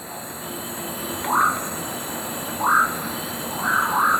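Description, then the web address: Blackish nightjar giving three brief rising, frog-like notes a little over a second apart, the last one doubled, against a constant hissing background. Recorded in Ecuador. "Birds of Ecuador. Blackish Nightjar"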